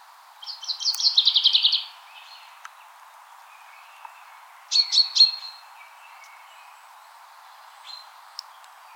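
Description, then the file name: Common chaffinch with a fast run of high chipping notes, then a shorter burst of three sharp notes, with a few faint clicks in steady background noise. "Fringilla coelebs"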